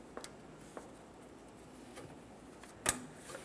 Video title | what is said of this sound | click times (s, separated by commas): How to Replace Fuel Pump 1994-2022 Dodge Ram 2500 | for a click from that double check to make sure it is properly secured | 2.9 s